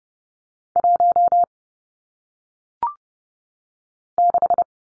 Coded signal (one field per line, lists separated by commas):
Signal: Morse code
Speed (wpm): 30 wpm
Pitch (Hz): 700 Hz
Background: none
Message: 1 6